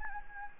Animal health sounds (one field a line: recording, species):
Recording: mosquito wingbeat signal from an infrared sensor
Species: Anopheles gambiae